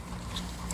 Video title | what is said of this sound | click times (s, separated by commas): 1100 mile AT Gear Update 3 of 4 | And then slide this right back on until you hear the click. | 0.7 s